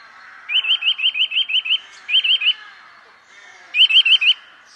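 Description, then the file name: Eurasian nuthatch calling in a rapid run of piping notes, then a short burst of three, a pause, and a final group of four. "sittelle torchepot"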